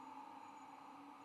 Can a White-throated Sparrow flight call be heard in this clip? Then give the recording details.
no. No flight call is heard. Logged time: 22:05 on 16 November 2014